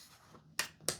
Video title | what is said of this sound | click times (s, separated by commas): Hypersport Leather Jacket Review | And they lock into place. | 0.6 s, 0.9 s